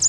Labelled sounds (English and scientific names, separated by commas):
American Redstart (Setophaga ruticilla) flight call